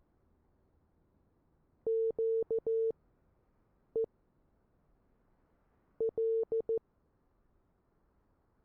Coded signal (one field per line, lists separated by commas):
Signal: Morse code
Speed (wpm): 14 wpm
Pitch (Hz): 450 Hz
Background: none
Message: QE L